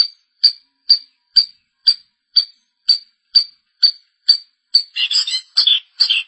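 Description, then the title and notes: Long-tailed shrike song: a steady run of sharp, ringing notes about twice a second, turning into harsher, buzzy chattering at the end. "Suara burung pentet"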